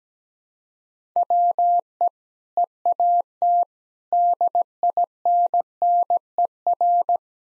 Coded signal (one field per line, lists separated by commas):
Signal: Morse code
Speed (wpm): 17 wpm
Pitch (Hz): 700 Hz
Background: none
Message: WE EAT DINNER